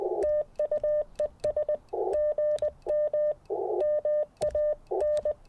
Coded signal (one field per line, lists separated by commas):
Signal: Morse code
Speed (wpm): 20 wpm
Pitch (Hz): 600 Hz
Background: none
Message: TU ES GM MAN